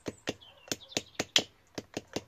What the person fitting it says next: i've just heard that click into place